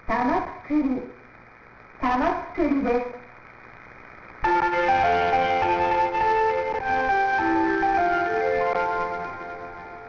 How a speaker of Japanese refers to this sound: 森の宮駅の発車メロディーはアメリカ民謡の森の熊さん。駅名にある森にちなみ名付けられました。